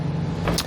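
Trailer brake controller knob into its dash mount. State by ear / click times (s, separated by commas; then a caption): seated / 0.5 s, 0.6 s. The plastic control knob of a Curt Spectrum trailer brake controller is pressed into its mounting bracket in the dash of a 2020 Hyundai Palisade over a steady low hum. Two sharp clicks land at 0.5 s and 0.6 s as the knob locks into its mount and is seated.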